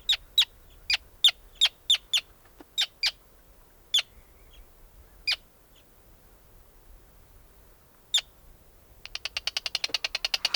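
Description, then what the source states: Bird repeating sharp, high chip notes, pausing, then closing with a fast buzzing rattle of rapid ticks. Arctic.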